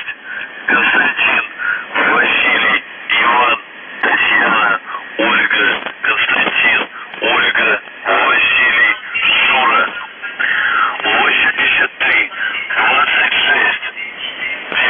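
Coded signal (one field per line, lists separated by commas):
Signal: numbers station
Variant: UVB-76, Russian voice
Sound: radio voice reading short spoken groups, separated by brief pauses, through narrow shortwave audio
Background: radio static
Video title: The Buzzer/UVB-76(4625Khz) August 9, 2021 15:36UTC Voice message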